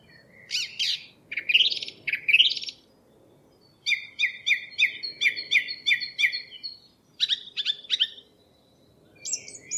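Song thrush song of rich, varied phrases: slurred rising whistles, then a run of rapidly repeated clipped notes and high squeaky figures, over a low rumbling background.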